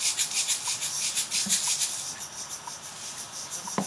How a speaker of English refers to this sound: Shaker.